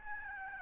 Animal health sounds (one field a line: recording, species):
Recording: mosquito wingbeat signal from an infrared sensor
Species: Aedes albopictus